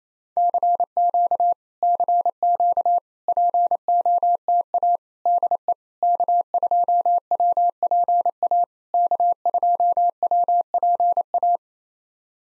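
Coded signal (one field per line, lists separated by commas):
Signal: Morse code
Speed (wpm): 27 wpm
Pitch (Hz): 700 Hz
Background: none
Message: CQ CQ POTA DE K2WPA K2WPA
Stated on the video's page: Morse code drill at 28 wpm of POTA QSO exchanges, each sent in Morse, spoken, then sent again.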